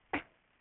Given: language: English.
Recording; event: throat vibration sensor signal played as sound; cough